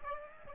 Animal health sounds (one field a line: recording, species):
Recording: mosquito wingbeat signal from an infrared sensor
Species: Aedes aegypti